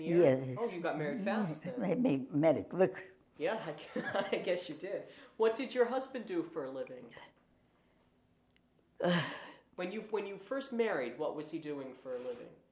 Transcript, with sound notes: Yes.
Oh, you got married fast then.
Marry quick.
Yeah. [chuckles] I guess you did. What did your husband do for a living? When you — when you first married, what was he doing for a living?